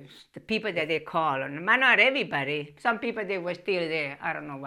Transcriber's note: none